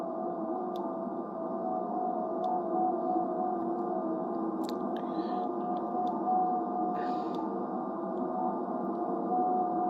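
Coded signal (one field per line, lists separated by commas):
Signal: FT8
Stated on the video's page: FT8 on a Yaesu FTdx3000 via its USB sound card, tuned with a manual antenna tuner; possible RFI.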